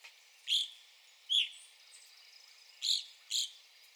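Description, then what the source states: Evening grosbeak calls, four loud clear slurred notes, two close together early and two more after a short pause. Recorded 9 April 2021.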